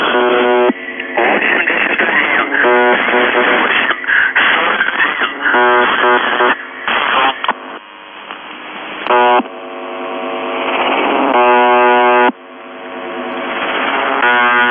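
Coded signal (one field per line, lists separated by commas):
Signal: channel marker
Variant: UVB-76 (The Buzzer)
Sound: harsh one-second buzzes repeating between noisy, muffled talking over shortwave static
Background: radio static, voice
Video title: The Buzzer/UVB-76(4625Khz) October 21, 2021 16:23UTC Voice message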